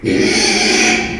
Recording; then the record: squeal of a Yucatan mini pig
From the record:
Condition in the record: after surgery on the right vocal fold (resection and tissue-engineered implant); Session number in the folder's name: 2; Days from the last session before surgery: 13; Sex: male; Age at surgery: 12 weeks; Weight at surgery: 13 kg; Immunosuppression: cyclosporine, prednisolone